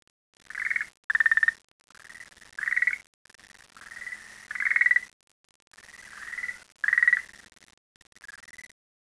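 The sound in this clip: Frog calls: repeated raspy, nasal croaks at irregular intervals.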